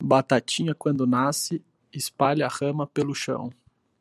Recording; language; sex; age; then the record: short text; Brazilian Portuguese; male; 20 to 29 years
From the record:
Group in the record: control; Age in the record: 26 years